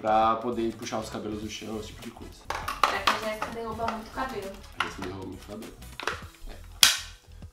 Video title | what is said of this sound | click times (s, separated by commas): Unbox e Review Aspirador Sem Fio do Moosoo | aqui tá travado beleza que tem um botãozinho que você trava destrava | 6.8 s